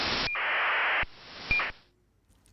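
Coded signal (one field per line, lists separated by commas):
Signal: ACARS aircraft data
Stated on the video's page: Received on an RTL-SDR V4 software-defined radio at home.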